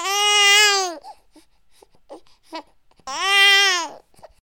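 Two loud, sustained wails of about one second each, high-pitched and tonal with a slight downward bend, separated by soft gasps and small whimpers. A typical newborn baby cry.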